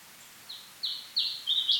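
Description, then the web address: House sparrow chirping, a string of short bright chirps that grow louder and come closer together, over a steady background hiss. Recorded 13 July 2007 at 09:39; part of a song. "hlehto aania physp 20070713 0939 varpai mke 300 3 laulu osa"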